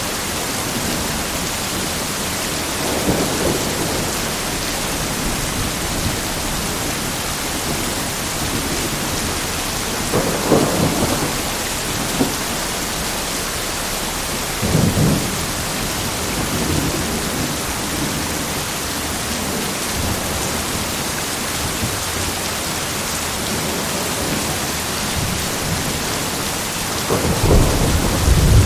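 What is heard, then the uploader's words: Heavy rain pours down in a dense, steady hiss that fills the whole recording. Low rumbling bursts of thunder break through at intervals, around 3, 10, 15 and 27 seconds, the last one louder and closer than the others. Intense thunderstorm - heavy rain, thunder, and lightning.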